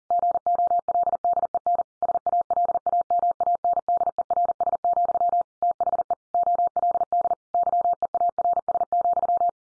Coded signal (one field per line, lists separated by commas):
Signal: Morse code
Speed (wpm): 40 wpm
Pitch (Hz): 700 Hz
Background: none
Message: GOLDEN SALAMANDERS, THE OLD YEARS,